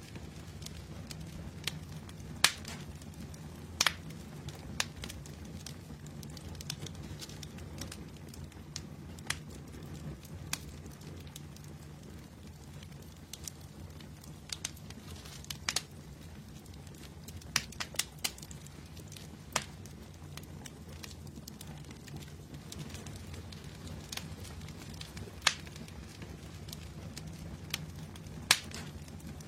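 A fire burns with a steady low roar underneath, its base rumble holding constant throughout. Sharp, bright crackles and pops snap out irregularly over it, a few every second or two, some louder, like dry wood splitting.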